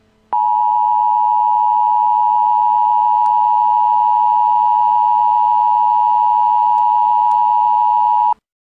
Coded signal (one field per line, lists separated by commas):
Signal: Emergency Alert System (SAME) tones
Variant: 853 and 960 Hz attention tone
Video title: EAS 1 Freeze warning